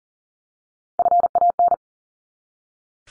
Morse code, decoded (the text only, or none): FAN